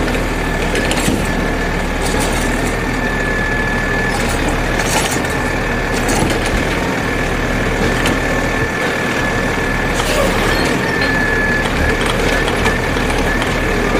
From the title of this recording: Garbage Trucks